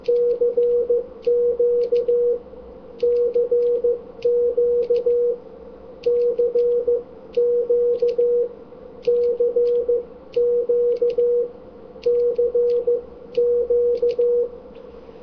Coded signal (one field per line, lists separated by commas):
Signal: Morse code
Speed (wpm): 15 wpm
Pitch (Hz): 480 Hz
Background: radio noise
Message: CQ CQ CQ CQ CQ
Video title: Morse Watch Again 08-02-2011 - 1 / 3